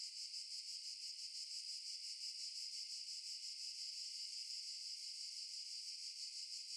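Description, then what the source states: Cicada sound: an unbroken high-pitched buzz with a quick, regular throb running through it. In underbrush.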